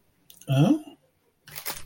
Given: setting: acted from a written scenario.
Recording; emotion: vocal sound without words; confusion